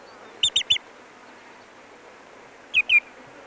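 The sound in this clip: Common greenshank calls: a quick triple of ringing, slightly descending notes, then after a pause a double of the same clear whistled notes.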